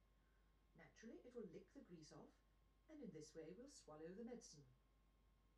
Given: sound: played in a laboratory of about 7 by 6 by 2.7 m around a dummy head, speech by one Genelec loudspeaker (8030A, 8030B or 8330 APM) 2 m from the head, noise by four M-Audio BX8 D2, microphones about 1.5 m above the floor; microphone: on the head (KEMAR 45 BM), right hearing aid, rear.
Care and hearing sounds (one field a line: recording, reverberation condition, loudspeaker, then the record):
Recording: female speech in English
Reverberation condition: low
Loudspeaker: 60 degrees to the left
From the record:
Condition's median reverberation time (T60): about 310 ms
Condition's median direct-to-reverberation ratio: about 3.5 dB